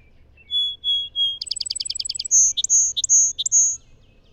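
Song Sparrow song: three pure whistles, then a fast even trill, closing with alternating buzzy and slurred notes against a quiet low hum.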